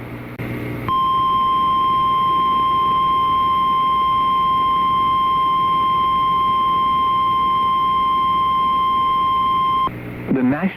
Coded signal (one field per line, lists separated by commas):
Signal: Emergency Alert System (SAME) tones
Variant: 1050 Hz attention tone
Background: speech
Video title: Severe Thunderstorm Warning (AR and TN) (5/20/25) [EAS #168]